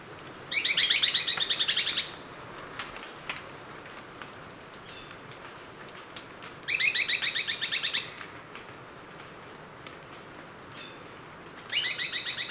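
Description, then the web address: Immaculate antbird giving three fast chattering rattles, spaced several seconds apart, over quiet background hiss. Ecuador, South America. "Natures Songs S America Birds of Ecuador Immaculate Antbird"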